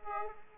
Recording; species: mosquito wingbeat signal from an infrared sensor; Aedes aegypti